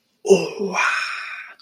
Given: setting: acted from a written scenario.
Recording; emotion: vocal sound without words; realization